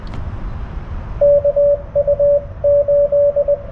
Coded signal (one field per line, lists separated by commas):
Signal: Morse code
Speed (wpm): 23 wpm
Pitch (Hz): 590 Hz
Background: radio noise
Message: KU8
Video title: CW POTA at US-4567 with the Yaesu FTDX10